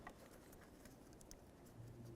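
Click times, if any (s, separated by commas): none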